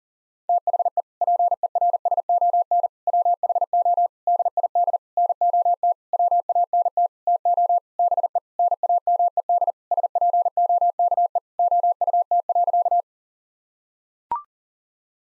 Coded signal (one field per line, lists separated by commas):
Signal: Morse code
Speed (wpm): 40 wpm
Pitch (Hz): 700 Hz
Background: none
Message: THE PERSON WHO DID NOT WANT TO BE NAMED SPOKE OUT.